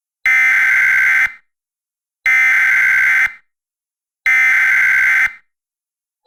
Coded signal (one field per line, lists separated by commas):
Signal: Emergency Alert System (SAME) tones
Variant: header bursts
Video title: EAS Scenario (In Film): The Quiet Place 2